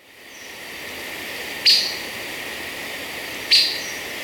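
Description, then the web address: Chestnut-crowned Gnateater call: two sharp, high, clipped notes about two seconds apart against a steady high insect drone. Ecuador. "Natures Songs S America Birds of Ecuador Chestnut-Crowned Gnateater"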